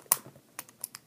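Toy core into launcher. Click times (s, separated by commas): 0.1 s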